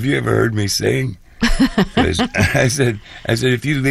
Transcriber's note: laughter